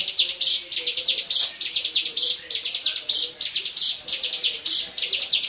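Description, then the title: Bar-winged prinia song: high buzzy phrases of rapid clicking notes ending in a harsh rasp, repeated about once a second. "Suara Burung Ciblek"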